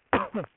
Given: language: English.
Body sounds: throat vibration sensor signal played as sound; cough

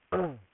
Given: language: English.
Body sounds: throat vibration sensor signal played as sound; throat clearing

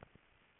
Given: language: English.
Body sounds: throat vibration sensor signal played as sound; swallow

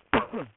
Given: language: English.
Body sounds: throat vibration sensor signal played as sound; cough

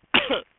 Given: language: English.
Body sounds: throat vibration sensor signal played as sound; cough

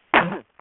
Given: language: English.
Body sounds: throat vibration sensor signal played as sound; cough

